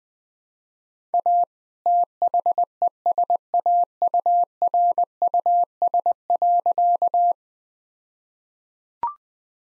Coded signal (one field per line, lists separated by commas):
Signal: Morse code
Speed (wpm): 20 wpm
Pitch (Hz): 700 Hz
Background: none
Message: A THESAURUS.